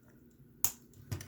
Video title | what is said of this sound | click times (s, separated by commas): Nightmare 70's Toy Review: Transformers Universe 2.0 Hound | and it's on a um you can hear that click | 0.6 s